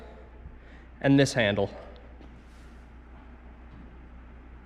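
Someone holds the two release handles of a four-post car lift to lower it back down onto its safety locks on the post. A man talks briefly over a steady low hum, followed by quiet background. Nothing has seated or clicked yet; the safety lock has not caught.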